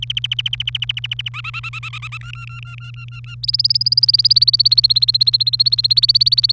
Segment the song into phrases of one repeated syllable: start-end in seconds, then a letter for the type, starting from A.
0.02-1.29 A, 1.34-2.18 B, 2.21-3.35 C, 3.43-6.52 D